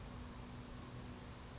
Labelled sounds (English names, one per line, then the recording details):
California Towhee
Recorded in Sonoma County, California